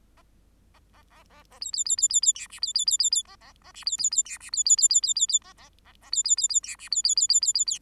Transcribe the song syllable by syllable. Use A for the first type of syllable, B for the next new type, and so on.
A A A A A B B B B B B C D B B B B B A A A D B B B C D B B B B B B B A A A A B B B B C D B B B B B B B